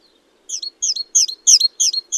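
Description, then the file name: Great tit calls: six sharp, high two-part notes repeated about three times a second, evenly spaced, over a quiet background. "Parus major"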